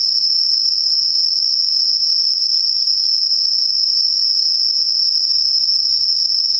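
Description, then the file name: Insect song, an unvarying, shrill, high trill that never pauses, with a faint low hum near the end. Night-singing insects, recorded 12 September 2023. "yorunomushi 230912"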